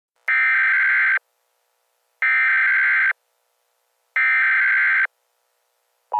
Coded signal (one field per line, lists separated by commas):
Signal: Emergency Alert System (SAME) tones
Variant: header bursts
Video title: EAS Scenario: Fire Tornado Warning